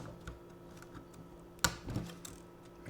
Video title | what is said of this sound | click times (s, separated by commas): How to Replace the Internal Battery on the Sony FX9 | and it just snaps right it Ooh, got to be careful. Snaps right into that. | 1.6 s